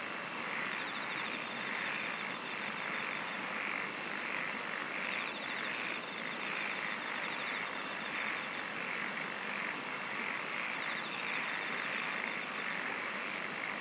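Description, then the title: Steady insect chirring with soft pulsed trills throughout, broken by two brief clicks, over a constant hiss. "SINGING OF INSECTS"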